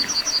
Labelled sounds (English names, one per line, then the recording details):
Yellowhammer song
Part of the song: start
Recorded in the Czech Republic on 29 June 2014
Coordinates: 49.870, 13.873
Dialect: BhBl
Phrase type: D25
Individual h015